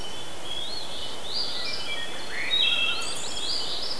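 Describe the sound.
Bird giving a series of quick sweeping chirps, some rising and some level, scattered irregularly over a constant broad background hiss.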